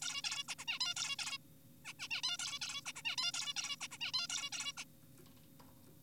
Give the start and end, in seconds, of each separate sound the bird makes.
0.02-0.22, 0.24-0.43, 0.48-0.55, 0.59-0.65, 0.68-0.79, 0.81-0.94, 0.97-1.16, 1.19-1.38, 1.85-1.93, 2.00-2.08, 2.11-2.21, 2.23-2.37, 2.40-2.59, 2.62-2.81, 2.86-2.93, 2.96-3.02, 3.05-3.16, 3.18-3.31, 3.34-3.54, 3.57-3.76, 3.81-3.88, 3.92-3.98, 4.01-4.12, 4.14-4.28, 4.29-4.50, 4.53-4.73, 4.78-4.84